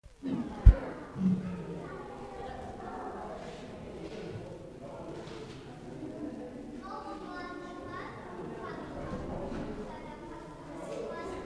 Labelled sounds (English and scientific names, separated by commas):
Leopard (Panthera pardus) call